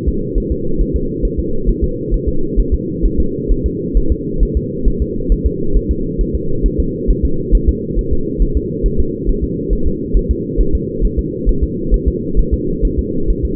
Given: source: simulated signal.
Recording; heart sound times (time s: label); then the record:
fetal heart sounds
0.08 s: S2
0.38 s: S1
0.52 s: S2
0.81 s: S1
0.96 s: S2
1.25 s: S1
1.39 s: S2
1.69 s: S1
1.84 s: S2
2.14 s: S1
2.28 s: S2
2.59 s: S1
2.74 s: S2
3.06 s: S1
3.20 s: S2
3.52 s: S1
3.66 s: S2
3.97 s: S1
4.12 s: S2
4.43 s: S1
4.57 s: S2
4.88 s: S1
5.02 s: S2
5.32 s: S1
5.46 s: S2
5.77 s: S1
5.91 s: S2
6.21 s: S1
6.35 s: S2
6.66 s: S1
6.80 s: S2
7.10 s: S1
7.25 s: S2
7.55 s: S1
7.69 s: S2
7.99 s: S1
8.13 s: S2
8.42 s: S1
8.57 s: S2
8.86 s: S1
9.00 s: S2
9.29 s: S1
9.44 s: S2
9.73 s: S1
9.87 s: S2
10.17 s: S1
10.31 s: S2
10.61 s: S1
10.75 s: S2
11.05 s: S1
11.19 s: S2
11.49 s: S1
11.63 s: S2
11.94 s: S1
12.08 s: S2
12.39 s: S1
12.54 s: S2
12.85 s: S1
12.99 s: S2
13.30 s: S1
13.45 s: S2
From the record:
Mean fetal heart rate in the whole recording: 135 bpm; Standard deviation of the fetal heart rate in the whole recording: 3 bpm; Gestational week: 36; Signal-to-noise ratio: -8.1 dB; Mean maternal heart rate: 72 bpm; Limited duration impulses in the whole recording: absent